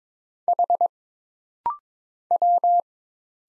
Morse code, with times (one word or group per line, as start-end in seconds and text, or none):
0.5-0.9 H
2.3-2.8 W